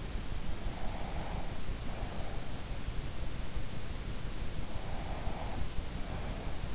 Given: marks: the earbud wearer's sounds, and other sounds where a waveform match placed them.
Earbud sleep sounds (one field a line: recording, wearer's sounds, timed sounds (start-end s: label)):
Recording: sounds in sleep by an in-ear microphone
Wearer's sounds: breath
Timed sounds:
0.67-2.63 s: breath
4.83-6.75 s: breath